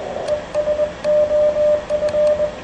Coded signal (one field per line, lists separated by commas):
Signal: Morse code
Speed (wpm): 21 wpm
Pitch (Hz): 600 Hz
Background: radio noise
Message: ES OF